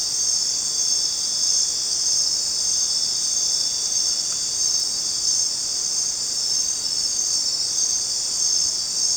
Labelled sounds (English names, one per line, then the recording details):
none
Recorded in dense forest near Puerto Asís, Putumayo, Colombia, on 29 June 2025 at 19:30
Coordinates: 0.484, -76.317
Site G045